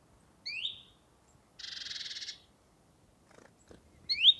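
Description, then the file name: Great tit calls: a rising high note, a harsh buzzy churr lasting under a second, then faint ticks and a sharp high note. "Parus major"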